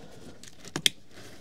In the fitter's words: CLI est-ce que vous avez entendu le clic